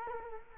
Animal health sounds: mosquito wingbeat signal from an infrared sensor; Culex quinquefasciatus

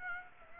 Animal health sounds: mosquito wingbeat signal from an infrared sensor; Aedes aegypti

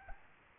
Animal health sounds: mosquito wingbeat signal from an infrared sensor; Aedes albopictus

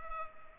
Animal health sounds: mosquito wingbeat signal from an infrared sensor; Culex pipiens

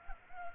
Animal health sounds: mosquito wingbeat signal from an infrared sensor; Culex pipiens

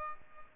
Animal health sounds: mosquito wingbeat signal from an infrared sensor; Aedes albopictus

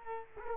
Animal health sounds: mosquito wingbeat signal from an infrared sensor; Culex quinquefasciatus

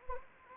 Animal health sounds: mosquito wingbeat signal from an infrared sensor; Anopheles arabiensis

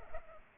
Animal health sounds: mosquito wingbeat signal from an infrared sensor; Culex pipiens

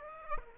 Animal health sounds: mosquito wingbeat signal from an infrared sensor; Aedes aegypti

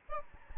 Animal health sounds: mosquito wingbeat signal from an infrared sensor; Aedes albopictus

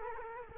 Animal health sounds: mosquito wingbeat signal from an infrared sensor; Culex quinquefasciatus

